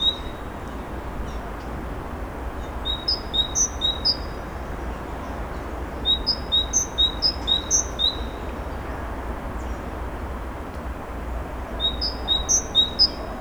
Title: Narbonne, France - Birds Sing 03. Birds Narbonne 03